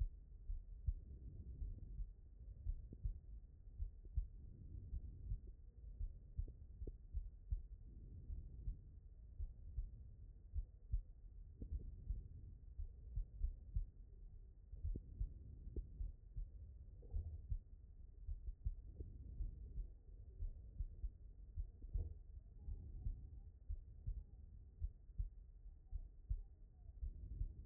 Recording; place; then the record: heart sounds by stethoscope; aortic valve (AV)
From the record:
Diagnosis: non-HFrEF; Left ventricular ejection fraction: 61%